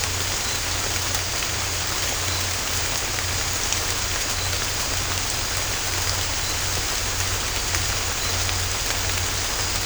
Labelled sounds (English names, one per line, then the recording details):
none
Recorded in secondary vegetation near Puerto Asís, Putumayo, Colombia, on 18 December 2024 at 23:30
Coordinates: 0.502, -76.326
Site G028